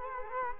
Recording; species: mosquito wingbeat signal from an infrared sensor; Culex quinquefasciatus